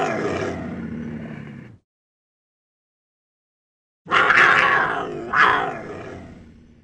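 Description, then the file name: Panther roars: a long, rough, grating growl, a pause, then two harsh bursts that fade out. "Zvuki dikih zhivotnyh - Pantera"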